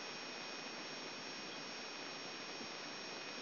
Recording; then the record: brain microelectrode recording played as sound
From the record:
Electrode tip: outside the subthalamic nucleus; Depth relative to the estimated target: -8 mm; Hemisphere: left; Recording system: AlphaMap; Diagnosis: Parkinson's disease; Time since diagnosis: 7 years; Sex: male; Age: 59 years